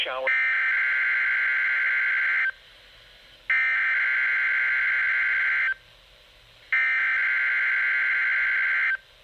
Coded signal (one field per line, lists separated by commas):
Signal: Emergency Alert System (SAME) tones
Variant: header bursts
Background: speech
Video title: (Extremely Rare) Tropical Storm Warning for 44 Georgia Counties!! (EAS#55) 10/28/2020